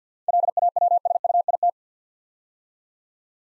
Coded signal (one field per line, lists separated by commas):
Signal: Morse code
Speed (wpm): 50 wpm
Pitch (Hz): 700 Hz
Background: none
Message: LAWSUIT